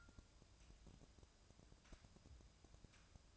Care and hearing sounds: daily activity, microphone in the room; take from stove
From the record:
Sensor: 2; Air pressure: 999.8 hPa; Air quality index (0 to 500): 122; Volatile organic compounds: 2 ppm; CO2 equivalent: 1051 ppm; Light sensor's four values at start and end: 35/87/38/43 and 35/87/38/43

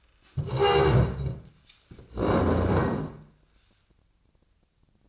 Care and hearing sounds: daily activity, microphone in the room; stand up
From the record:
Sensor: 2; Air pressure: 1012.1 hPa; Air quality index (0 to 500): 156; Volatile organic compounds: 2 ppm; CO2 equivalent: 1148 ppm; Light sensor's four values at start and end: 75/169/78/91 and 47/113/51/59

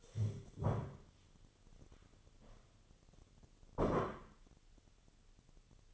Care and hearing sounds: daily activity, microphone in the room; stand up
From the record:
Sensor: 4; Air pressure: 1016.2 hPa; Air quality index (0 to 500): 164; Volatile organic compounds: 6 ppm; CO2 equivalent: 1862 ppm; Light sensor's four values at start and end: 9/20/8/7 and 9/20/8/7

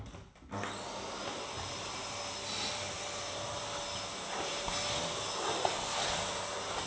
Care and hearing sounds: daily activity, microphone in the room; vacuum cleaning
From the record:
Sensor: 3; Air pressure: 1011.9 hPa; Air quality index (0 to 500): 236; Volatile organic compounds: 5 ppm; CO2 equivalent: 1750 ppm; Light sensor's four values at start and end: 10/23/9/9 and 11/25/10/11

